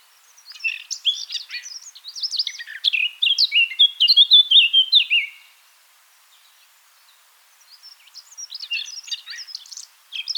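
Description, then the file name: Eurasian blackcap singing a fast, scratchy warble that builds into clearer fluted notes, falls silent for about two seconds, then starts a softer chattering phrase. "Sylvia atricapilla"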